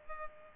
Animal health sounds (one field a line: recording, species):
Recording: mosquito wingbeat signal from an infrared sensor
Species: Culex pipiens